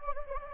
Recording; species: mosquito wingbeat signal from an infrared sensor; Anopheles gambiae